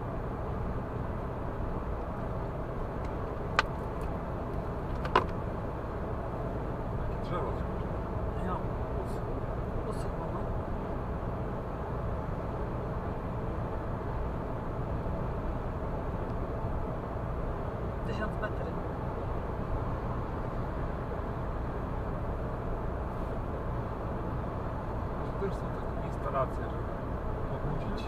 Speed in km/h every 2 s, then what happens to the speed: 106, 106, 106, 106, 106, 106, 106, 106, 106, 106, 105, 105, 105, 105.
0-28 steady at about 106.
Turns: none.